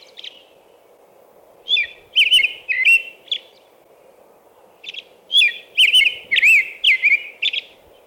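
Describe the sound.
American robin song: two groups of liquid whistled phrases separated by a quiet pause, notes swooping up and down, with a steady low background hum.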